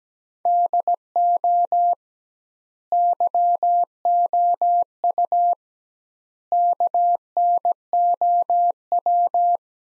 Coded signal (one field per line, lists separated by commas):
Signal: Morse code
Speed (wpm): 17 wpm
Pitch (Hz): 700 Hz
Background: none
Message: DO YOU KNOW